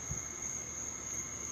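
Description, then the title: Cricket sound as a steady, unbroken high-pitched trill that holds one shrill tone throughout, with a faint lower hum and a brief low thump at the start. "Cricket Therapy"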